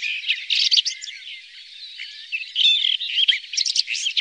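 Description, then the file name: Red-backed shrike uttering a busy, grating chatter of squeaky and scratchy notes, dipping briefly quieter midway before resuming energetically. "Tornskata"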